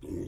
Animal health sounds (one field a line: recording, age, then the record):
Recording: pig call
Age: weaner (32 to 43 days)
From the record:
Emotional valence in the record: positive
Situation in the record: positive conditioning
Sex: female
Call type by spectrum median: low-frequency call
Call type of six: low-frequency stable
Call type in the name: low-frequency stable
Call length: 0.28 s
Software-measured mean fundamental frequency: 50 Hz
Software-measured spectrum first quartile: 152 Hz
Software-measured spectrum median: 288 Hz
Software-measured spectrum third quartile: 395 Hz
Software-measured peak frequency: 307 Hz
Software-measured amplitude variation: 148 dB a second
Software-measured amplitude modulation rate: 24.7 a second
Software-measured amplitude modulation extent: 6.0 dB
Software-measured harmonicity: 1.5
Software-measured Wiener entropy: 0.01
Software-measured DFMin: 1015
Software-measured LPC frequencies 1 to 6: 336, 1968, 2627, 3376, 6543, 7539 Hz